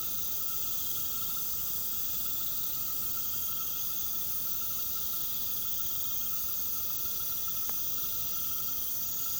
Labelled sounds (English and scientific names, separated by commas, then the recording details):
none
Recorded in pastures near Puerto Asís, Putumayo, Colombia, on 8 March 2025 at 21:00
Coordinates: 0.486, -76.323
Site G075